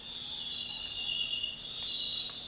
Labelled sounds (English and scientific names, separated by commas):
none